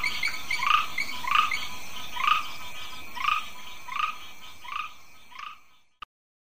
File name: Ptychadena trinodis